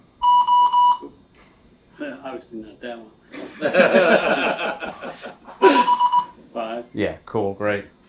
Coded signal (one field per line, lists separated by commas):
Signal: Morse code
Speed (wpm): 19 wpm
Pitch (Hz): 980 Hz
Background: speech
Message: O 5